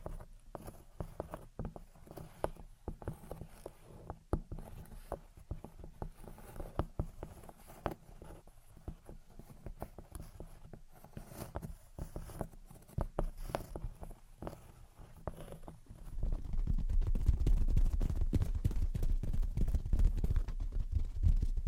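Gentle tapping and scratching, a loose run of short, crisp knocks with uneven spacing over a soft low rustle. Around the sixteen-second mark the sound thickens into a louder, denser low scraping that continues to the end, with taps still poking through.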